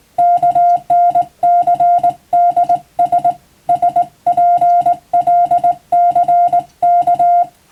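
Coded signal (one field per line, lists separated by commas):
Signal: Morse code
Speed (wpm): 20 wpm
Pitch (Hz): 700 Hz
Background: music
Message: KNCDS SPLCK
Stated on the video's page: Morse receiving practice for the Japanese radio operator national exam, using a telegram practice book.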